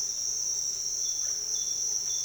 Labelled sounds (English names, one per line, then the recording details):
none
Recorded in dense forest near Puerto Asís, Putumayo, Colombia, on 4 March 2025 at 07:00
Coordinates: 0.481, -76.323
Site G088